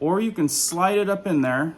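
Someone talks for the whole 1.9 s while handling a candle holder that goes up into the body of a metal candle lantern and locks with a half turn. No clicks or impacts are heard, only speech. Nothing has seated or clicked yet.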